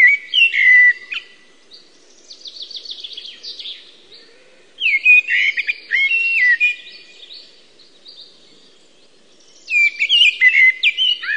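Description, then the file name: Eurasian blackbird song: fluting warbled phrases that end in high twittering, repeated about every five seconds with quiet pauses between them. "mustarastas"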